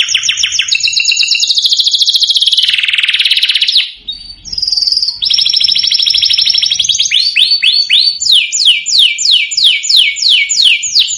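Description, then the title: Domestic canary song opening with a long rapid trill, a brief pause, then a short trill and a run of repeated falling whistled notes. Canary song played to excite a Belgian canary and provoke it into singing in response. "Canto Para Esquentar Canário Belga. Suara Kenari Bikin Emosi & Langsung Nyaut"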